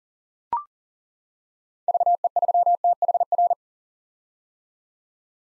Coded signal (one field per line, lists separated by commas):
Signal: Morse code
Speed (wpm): 40 wpm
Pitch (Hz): 700 Hz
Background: none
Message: VE3THR